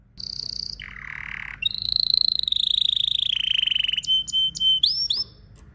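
Canary song with a high whistle, a low harsh rattle, then a long rapid trill falling slightly in pitch and a few clipped upswept notes.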